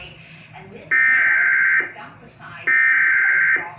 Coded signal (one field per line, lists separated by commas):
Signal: Emergency Alert System (SAME) tones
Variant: header bursts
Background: speech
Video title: EASyCAST Relay: Severe Thunderstorm Warning (7/6/20)(EAS #397)